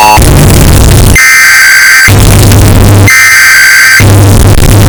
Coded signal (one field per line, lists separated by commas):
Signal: Emergency Alert System (SAME) tones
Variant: header bursts